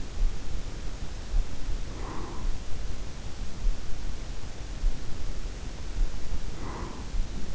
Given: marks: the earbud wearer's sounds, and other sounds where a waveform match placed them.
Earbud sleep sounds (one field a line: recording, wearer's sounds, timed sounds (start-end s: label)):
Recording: sounds in sleep by an in-ear microphone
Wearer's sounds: breath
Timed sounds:
0.89-2.88 s: breath
5.41-7.55 s: breath